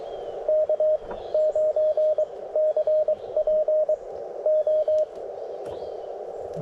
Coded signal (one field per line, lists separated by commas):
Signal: Morse code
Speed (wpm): 18 wpm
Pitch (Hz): 590 Hz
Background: radio noise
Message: K9CPO